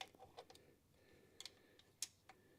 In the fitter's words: Okay, that one's good. You can barely hear the click on this dang thing.